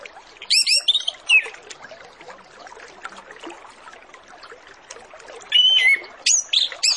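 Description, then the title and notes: Orange-headed Thrush song: a quick burst of high whistled notes at the start, then later a longer run of varied slurred whistles over constant background hiss. Full song with varied phrases, used as a lure recording to make Orange-headed Thrushes sing quickly and openly. "Masteran Anis Kembang Full Isian Untuk Suara Pancingan Anis Kembang Agar Cepat Ngeplong. Suara Burung Anis Kembang"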